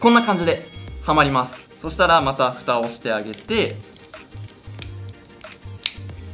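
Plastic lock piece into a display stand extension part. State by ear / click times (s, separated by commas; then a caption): seated / 5.9 s. Someone talks while a plastic extension part of a display stand is adjusted for length and its cover is closed, followed by several small plastic clicks and taps. The removed plastic lock piece is pressed back in and clicks locked at 5.9 s, firmly seated.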